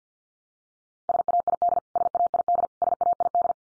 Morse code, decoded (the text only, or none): SAID SAID SAID